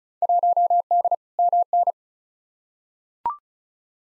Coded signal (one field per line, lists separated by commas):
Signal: Morse code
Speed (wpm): 34 wpm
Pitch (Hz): 700 Hz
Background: none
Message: 1D MN